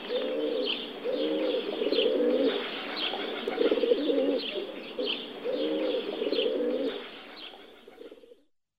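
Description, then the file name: Feral pigeon cooing, low throaty purring coos in rolling phrases of about a second, repeated several times, with faint chirps and soft background noise. "piccione selvatico"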